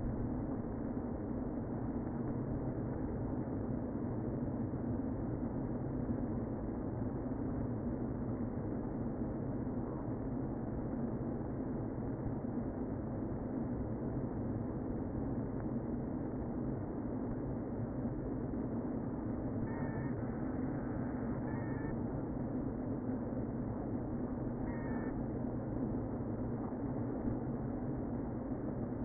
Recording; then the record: honeybee colony, microphone inside the hive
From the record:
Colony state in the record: queen present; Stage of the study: before two queens were removed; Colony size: about 60,000 bees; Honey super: yes